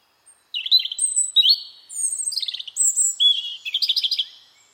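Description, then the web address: Bird song of quick high chirps and trills, several short phrases of sharp notes and rapid buzzy runs following one another without pause, no other sounds. "Deverinetal 2025"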